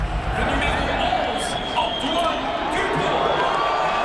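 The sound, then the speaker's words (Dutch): A large stadium crowd at a Rugby Sevens match applauding France's number 11, Antoine Dupont, a dense, steady wash of clapping and cheering that stays loud throughout, with voices blended into the roar. “En het hardste applaus is er voor nummer 11, nummer 11 dus, Antoine Dupont, de grote held van de Fransen.”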